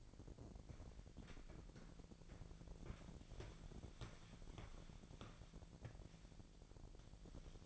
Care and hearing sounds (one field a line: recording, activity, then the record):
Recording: daily activity, microphone in the room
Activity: walk to room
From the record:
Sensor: 5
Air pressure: 1012.4 hPa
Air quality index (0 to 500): 243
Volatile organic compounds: 4 ppm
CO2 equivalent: 1612 ppm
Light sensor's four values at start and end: 60/140/58/62 and 58/133/56/61